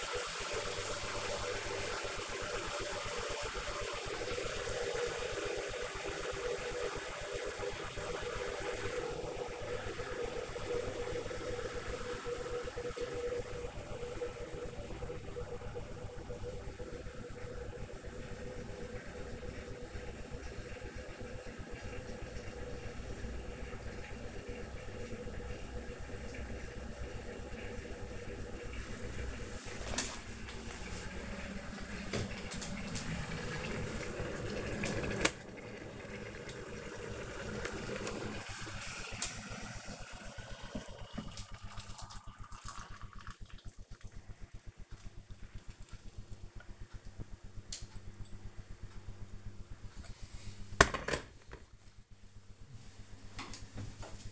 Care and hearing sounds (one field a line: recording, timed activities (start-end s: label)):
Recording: household activities, microphone on the right wrist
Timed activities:
0.00-50.42 s: making tea